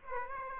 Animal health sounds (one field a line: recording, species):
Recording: mosquito wingbeat signal from an infrared sensor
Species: Aedes aegypti